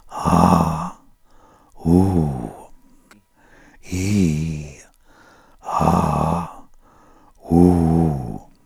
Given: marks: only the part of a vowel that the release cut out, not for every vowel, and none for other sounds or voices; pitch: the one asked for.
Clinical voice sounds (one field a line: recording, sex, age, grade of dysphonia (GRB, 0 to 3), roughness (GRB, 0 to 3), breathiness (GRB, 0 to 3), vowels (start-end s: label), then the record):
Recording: sustained vowels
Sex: male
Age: 50 to 59 years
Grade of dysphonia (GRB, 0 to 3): 3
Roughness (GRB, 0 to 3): 3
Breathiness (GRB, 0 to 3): 3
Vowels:
0.27-0.78 s: vowel /a/, high pitch
1.88-2.38 s: vowel /u/, high pitch
3.97-4.50 s: vowel /i/, low-high-low pitch
5.88-6.40 s: vowel /a/, low-high-low pitch
7.58-8.11 s: vowel /u/, low-high-low pitch
From the record:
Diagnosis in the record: recurrent laryngeal nerve paralysis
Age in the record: 59 years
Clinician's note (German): Li, schlaff, keine Kompensation